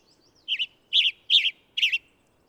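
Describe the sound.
Bird chirping: four short, bright, warbled notes in quick succession against a quiet background.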